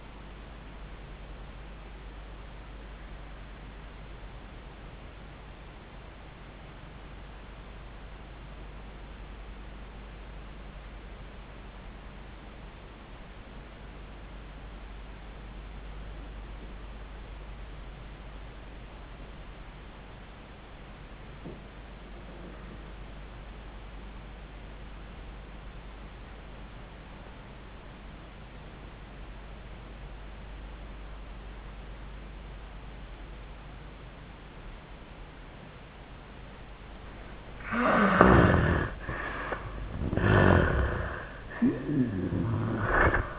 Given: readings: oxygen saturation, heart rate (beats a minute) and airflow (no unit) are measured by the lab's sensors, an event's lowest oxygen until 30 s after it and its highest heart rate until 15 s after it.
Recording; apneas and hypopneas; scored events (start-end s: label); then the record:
breathing in sleep by a voice recorder at the bedside; 1
4.00-38.40 s: obstructive apnea (N1, oxygen 95% highest, then 71% lowest, heart rate 73 at the start, 96 highest)
25.00-43.39 s: new sleep stage, N2 (light sleep)
From the record:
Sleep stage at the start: N1 (lightest sleep); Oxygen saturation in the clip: 77 to 95%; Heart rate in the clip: 70 to 96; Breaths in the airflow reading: 2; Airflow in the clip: -31.0 to 11.8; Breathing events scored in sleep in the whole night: 400 in 8.7 hours asleep